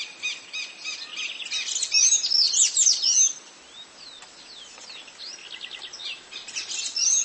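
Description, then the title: Bird song: rapid, varied high warbling with sharp whistled slurs and chips, strongest in the first half, a quieter pause, then resuming near the end. "LuckyPassaro Completos2Sama"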